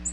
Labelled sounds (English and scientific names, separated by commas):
Black-throated Green Warbler (Setophaga virens) flight call